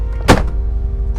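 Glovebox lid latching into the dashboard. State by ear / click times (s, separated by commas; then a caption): seated / 0.3 s. A glovebox lid on a Toyota Quantum Sesifikile is latched shut into the dashboard a second time as a demonstration, giving a single loud, sharp click at 0.3 s over a steady low background hum. A much fainter short sound follows near 1.2 s. The lid latch seats closed.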